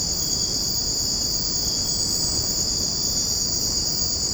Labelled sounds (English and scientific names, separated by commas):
none